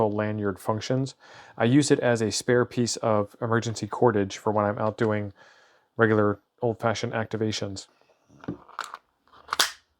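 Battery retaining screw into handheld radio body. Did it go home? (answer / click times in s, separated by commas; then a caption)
no / 9.5 s, 9.6 s. Someone talks for most of the clip, then a screwdriver drives the large battery-retaining screw into a handheld radio body, with faint scraping clicks around 8.4–8.9 seconds. Because the bit is too small for the screw head, it cams out at the last second with two sharp metallic snaps at 9.5 and 9.6 seconds, leaving the screw stripped.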